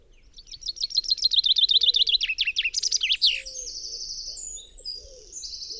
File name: Fringilla coelebs